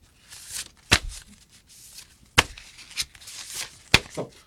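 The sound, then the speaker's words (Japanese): A stack of postcards being shuffled by hand, the way cards are cut in a card game, to pick a winner: soft papery swishes and rustles broken by three sharp, crisp slaps spaced roughly a second and a half apart, with no voices. “俺がこうやって、カードゲームみたいにさ、こうやって切るからストップっつって、この人投げるわ。”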